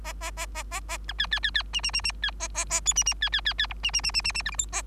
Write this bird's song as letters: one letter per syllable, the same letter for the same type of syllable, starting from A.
A A A A A A B C C C C D D D D C A A A E D D C C C C F D D D D D D G H I A